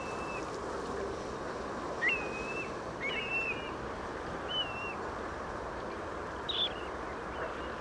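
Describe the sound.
Grey plover whistles, plaintive slurred notes repeated several times over a constant rushing background noise.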